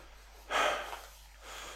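A single short, noisy breath with a faint whistling edge from an adult man: an audible wheeze, a sign of narrowed airways, for which he uses a blue inhaler.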